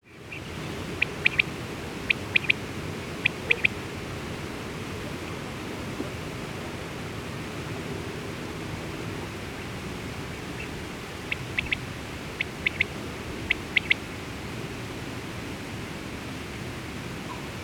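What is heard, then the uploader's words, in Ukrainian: A common quail calls its quick three-note phrase in two bursts, early and near the end, over a steady low rushing background. Перепілка звичайна — птах родини фазанових (Phasianidae).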